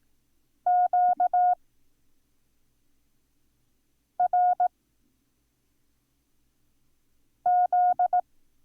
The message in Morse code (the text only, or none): Q R Z